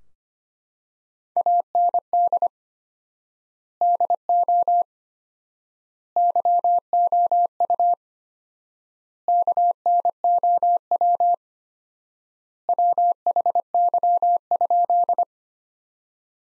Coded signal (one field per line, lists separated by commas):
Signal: Morse code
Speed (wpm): 25 wpm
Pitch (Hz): 700 Hz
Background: none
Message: AND DO YOU KNOW WHY?